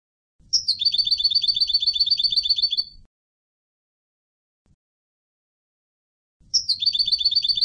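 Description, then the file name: European goldfinch giving a high, fast, steady trill about two and a half seconds long, then a second trill after a pause. "Carduelis carduelis"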